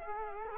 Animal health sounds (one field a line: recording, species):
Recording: mosquito wingbeat signal from an infrared sensor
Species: Culex quinquefasciatus